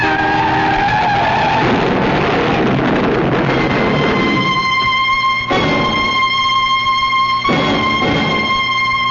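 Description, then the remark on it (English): A truck skids hard on the road, tires shrieking in a loud, sustained squeal over rough engine and road noise, the high whine wavering and briefly breaking twice before continuing. “That truck. He's crazy.”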